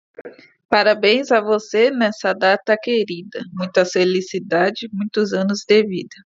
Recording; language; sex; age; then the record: short text; Brazilian Portuguese; female; 30 to 39 years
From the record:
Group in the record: control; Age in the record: 30 years